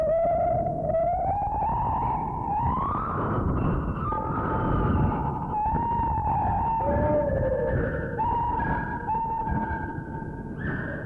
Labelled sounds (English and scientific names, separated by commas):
Lar Gibbon (Hylobates lar)